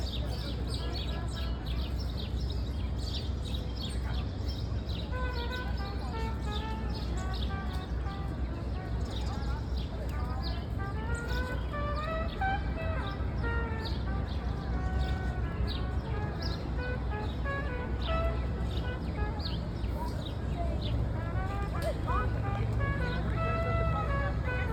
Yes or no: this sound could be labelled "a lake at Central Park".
yes